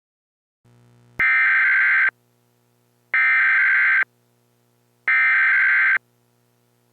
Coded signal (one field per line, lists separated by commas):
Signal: Emergency Alert System (SAME) tones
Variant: header bursts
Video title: EAS Mock: Nuclear strike during snowstorm